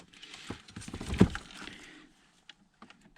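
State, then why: Not seated. A yellow wiring harness connector is tried against different sockets on the back of an EONON car radio head unit to find the one it fits before pushing it home. Light clattering and tapping fill the first two seconds, with the sharpest tick near 1.4 s, followed by near silence with isolated small ticks around 2.5 s and 2.8 s. The plug is only being lined up, and nothing has seated or clicked yet.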